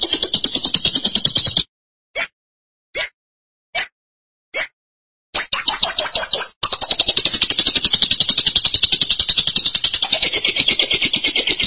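Lovebird song: rapid shrill chatter, then four separate sharp chips spaced about a second apart, then the fast high chattering resumes and continues.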